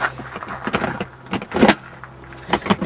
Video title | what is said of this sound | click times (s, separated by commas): TXCVOLVO1 V70 XC ISOFIX INSTALL | seat sliding in we then push it down for a quick two clicks | 2.5 s, 2.7 s